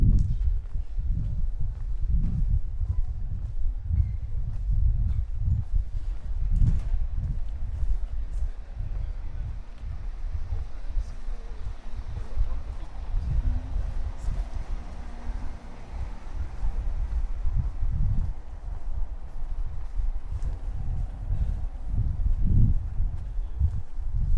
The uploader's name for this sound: Prague walk from Castle to Charles bridge & both towers